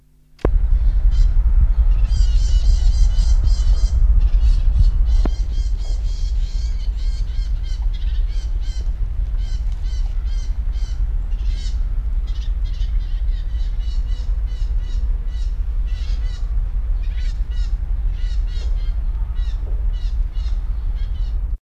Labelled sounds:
Icterine Warbler call
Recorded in the wild
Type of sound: call
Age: immature
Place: Salzgitter, Niedersachsen, DE
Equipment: Halbspur, 9,5 cm/s
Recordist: Lütgens, Hans
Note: Rufe flügger Junge

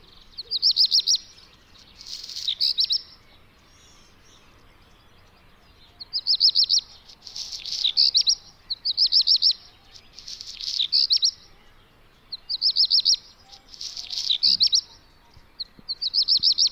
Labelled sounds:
Black Redstart
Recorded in the wild
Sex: male
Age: adult
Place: Peenemuende, Usedom, Mecklenburg-Vorpommern, DE
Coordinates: 54.1525, 13.7776
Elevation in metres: 0
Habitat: grassland
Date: 2014-06-05 01:18
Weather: sunny, 15°C, weak wind
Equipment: Sound Devices 702, Sennheiser MKH 70, Rycote Windschutz
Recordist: Frommolt, Karl-Heinz

